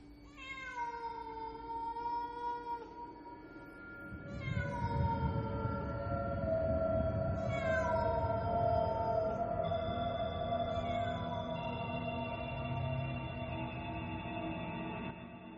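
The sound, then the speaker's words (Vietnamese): A cat lets out four long, wavering meows spaced a few seconds apart, each starting high and sliding down, over a steady low rumble that grows louder after the first cry. “Không biết con mèo nhìn thấy gì, nó kêu lên mấy tiếng, nó nhảy phát qua khe cửa sổ, nó lao vút ra khỏi nhà.”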